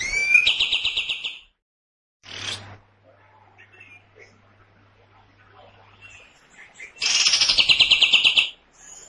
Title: Pikat Masteran Kapas Tembak. Tembakan Panjang Kapas Tembak Gacor Suara Lantang Kasar